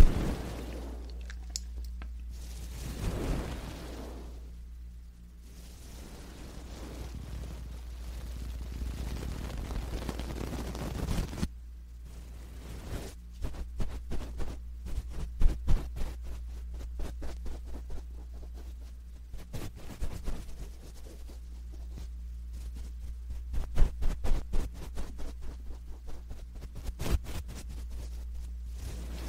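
Scraping and brushing, with soft rubbing swells during the first eleven seconds. After that come rapid dry scratches and clicks in irregular bursts, some sharper around 24 and 27 seconds, over a steady low hum.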